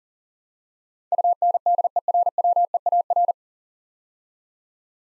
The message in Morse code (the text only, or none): UNDERWEAR